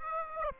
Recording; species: mosquito wingbeat signal from an infrared sensor; Aedes aegypti